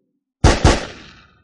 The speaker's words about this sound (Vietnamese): 2 tiếng nổ đột nhiên vang lên, 2 viên đạn trong nháy mắt xé không khí, bắn về phía mấy người tiểu đội hỏa chùy xa xa, đang giải phẫu thi thể sông vĩ hổ miêu lấy tài liệu. Thanh âm mặc dù vang dội, nhưng mà tốc độ viên đạn vượt xa tốc độ âm thanh.